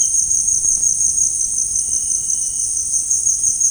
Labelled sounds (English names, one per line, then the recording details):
none
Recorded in dense forest near Puerto Asís, Putumayo, Colombia, on 25 June 2025 at 17:30
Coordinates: 0.481, -76.323
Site G072